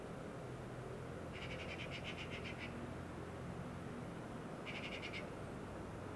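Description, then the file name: Eurasian magpie-type rattling chatter, one burst over a second long followed later by a brief one, partly masked by loud low-frequency background noise. "Pica pica"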